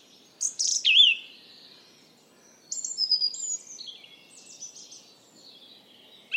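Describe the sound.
Bird gives a few high whistled notes, one with a wavering glide, then soft twittering over quiet background.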